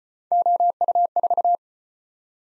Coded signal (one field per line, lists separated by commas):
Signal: Morse code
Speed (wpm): 35 wpm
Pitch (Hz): 700 Hz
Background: none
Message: OU4